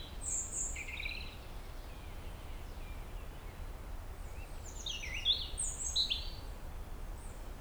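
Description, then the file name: European robin song: high, tinkling phrases at the start and again later, sliding thin notes and quick trills, against low steady background noise. "Erithacus rubecula"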